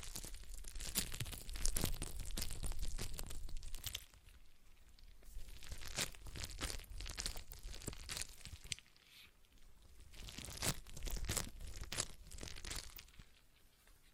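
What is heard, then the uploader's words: A stress ball being squeezed and kneaded, giving dense crinkling, crunching sounds with sharp bright crackles. The handling comes in bursts, heaviest in the first four seconds, then in waves around six to eight and ten to thirteen seconds, thinning out toward the end. ASMR Relaxing Stress Ball Sounds (No Talking).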